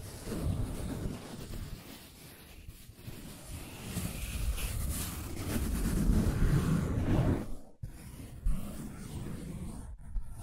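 Scratching and tracing sounds rub along continuously, a dense low scraping that rises and falls in waves. The rough texture thickens toward the middle, then cuts to near silence just before eight seconds, with a brief sharp scrape after and another pause near the end.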